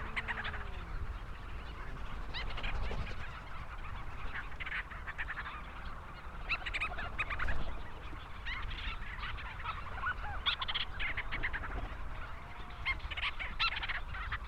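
Leach's storm petrel calls, irregular bursts of rapid chattering notes coming and going over fourteen seconds, against a heavy low roar.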